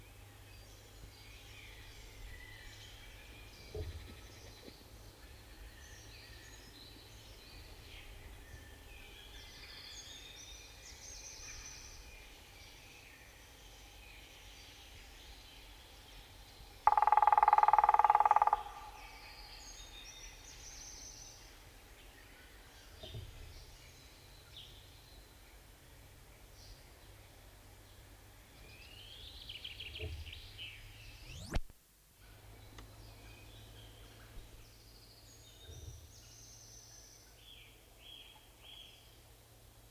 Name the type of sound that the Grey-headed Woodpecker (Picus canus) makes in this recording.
drumming